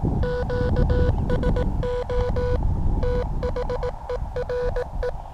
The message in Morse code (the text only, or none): QSO THERE